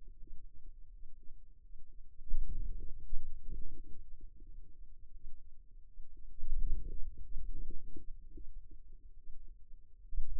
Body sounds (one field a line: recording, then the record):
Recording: forearm muscle sounds (acoustic myography)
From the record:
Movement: hand closing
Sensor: system 2, bracelet of six BSWA MPA416 microphones around the upper forearm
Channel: 2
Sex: female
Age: 23 years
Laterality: right